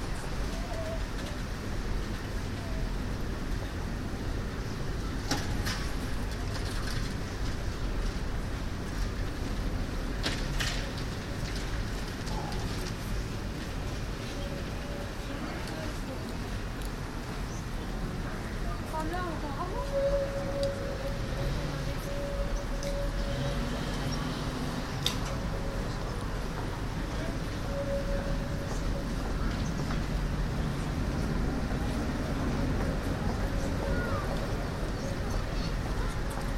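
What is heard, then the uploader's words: A busy city square with pedestrians, a steady crowd murmur with indistinct voices over a low, constant rumble of traffic. Brief sharp clicks or knocks come around 5, 10 and 25 seconds, and a faint tonal whine from a passing tram or vehicle drifts through midway. Buitenhof The Hague. General atmosphere. Mainly pedestrians on Het Buitenhof in The Hague.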